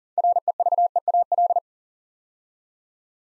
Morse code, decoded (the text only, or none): REVEAL